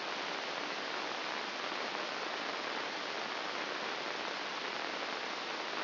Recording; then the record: brain microelectrode recording played as sound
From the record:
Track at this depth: inside the subthalamic nucleus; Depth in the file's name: 4.302 mm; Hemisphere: left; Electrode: 2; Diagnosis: Parkinson's disease